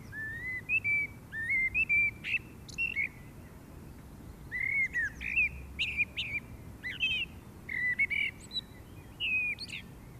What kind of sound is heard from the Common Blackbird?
song